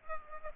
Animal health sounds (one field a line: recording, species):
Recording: mosquito wingbeat signal from an infrared sensor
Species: Culex pipiens